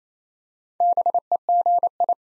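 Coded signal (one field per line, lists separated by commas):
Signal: Morse code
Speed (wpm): 27 wpm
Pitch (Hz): 700 Hz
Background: none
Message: BEGI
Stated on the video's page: Morse code practice at 28 wpm, building 5-letter words one letter at a time.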